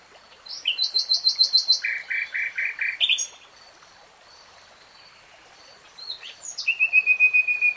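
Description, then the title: Nightingale song: a rapid series of repeated chopped notes, a changed lower series, a pause, then another quick repeated phrase. Nightingale singing in real time. "[Tiếng chim hót] Nightingale Singing"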